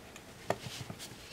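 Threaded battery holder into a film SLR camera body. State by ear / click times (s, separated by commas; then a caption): seated / 0.5 s. A threaded battery holder is put back into a Nikon FE 35mm film SLR camera body (fitted with a 50mm 1:1.8 lens) and turned backwards. At 0.5 s a small, sharp click sounds as the thread start drops into place. The threads are now engaged without cross-threading, ready to be tightened snug.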